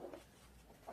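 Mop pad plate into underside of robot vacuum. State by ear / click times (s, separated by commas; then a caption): seated / 0.1 s, 0.9 s. A small mop pad plate is fitted into the underside of an iRobot Roomba 105 Combo robot vacuum. Two faint plastic clicks are heard at 0.1 s and 0.9 s over a low background. The plate seats in place.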